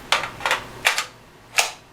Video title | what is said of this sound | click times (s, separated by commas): DDI milled AK47 review after 500 rounds and range time | it doesn't really positively click in it's in there but it doesn't give that satisfying click | 0.1 s